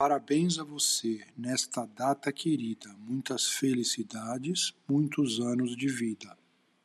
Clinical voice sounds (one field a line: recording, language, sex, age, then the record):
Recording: short text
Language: Brazilian Portuguese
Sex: male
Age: 60 to 69 years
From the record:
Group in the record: control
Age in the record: 65 years